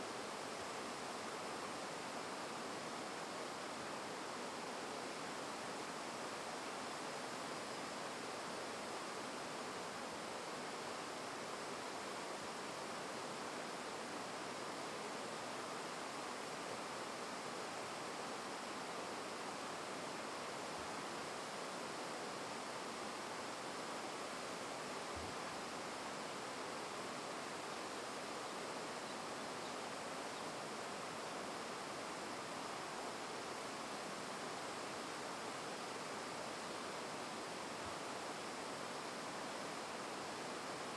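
A weir waterfall roars without pause, a dense, even rush of falling water that fills the low, middle and bright ranges alike. The sound is unchanging for the whole stretch, with only a faint low thump near the middle.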